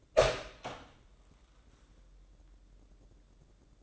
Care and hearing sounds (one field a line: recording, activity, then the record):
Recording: daily activity, microphone in the room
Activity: open door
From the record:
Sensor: 3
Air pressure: 1012.2 hPa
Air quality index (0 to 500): 182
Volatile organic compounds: 3 ppm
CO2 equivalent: 1388 ppm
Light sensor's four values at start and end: 530/1317/544/556 and 529/1315/543/555